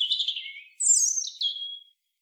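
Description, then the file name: European robin song phrase: a thin descending twitter followed by a bright, high, sliding whistle that drops and fades out. "Erithacus rubecula"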